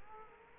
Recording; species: mosquito wingbeat signal from an infrared sensor; Culex quinquefasciatus